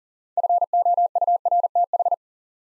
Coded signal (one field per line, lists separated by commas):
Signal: Morse code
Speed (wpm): 42 wpm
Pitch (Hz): 700 Hz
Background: none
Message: FOURTH